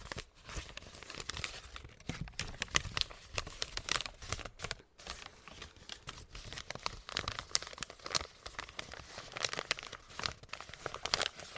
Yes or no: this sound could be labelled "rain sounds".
no